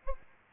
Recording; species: mosquito wingbeat signal from an infrared sensor; Aedes albopictus